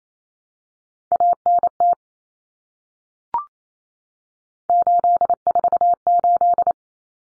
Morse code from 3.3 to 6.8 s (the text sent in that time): 848